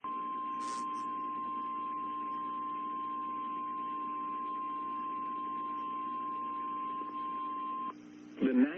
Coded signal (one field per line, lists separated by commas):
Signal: Emergency Alert System (SAME) tones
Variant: 1050 Hz attention tone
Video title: Menomonie WI Severe Thunderstorm Warning WXJ88 6 56 PM NOAA EAS 5 9 22